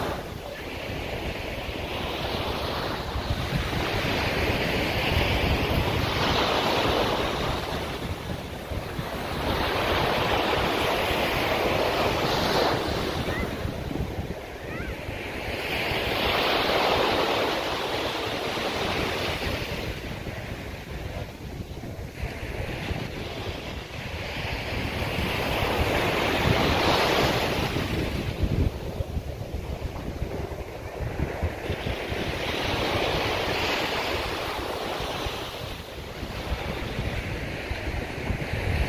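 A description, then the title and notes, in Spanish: Sea surf rolls in along a Pacific shore, with waves swelling and breaking roughly every five to six seconds in a steady rhythm. The wash is dense, with a deep rumble underneath and gusts of wind buffeting the microphone throughout. Sonido del mar desde el pacifico de Honduras.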